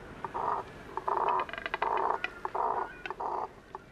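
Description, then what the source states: Double-crested cormorants making low, throaty grunting croaks in short blocky bursts, with some rattling pulses between them. Deep, guttural sounds from a nesting colony; limited guttural vocal range, attributed to the cormorant having only one set of syrinx muscles.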